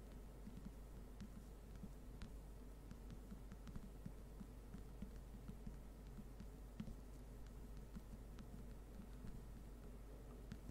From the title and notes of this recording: ASMR NO TALKING slow rain-like Tapping.